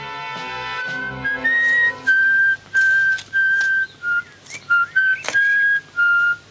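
A man whistles a tune in a series of clear, steady, mid-high notes with short pauses between phrases, following some harmonic background tones at the start.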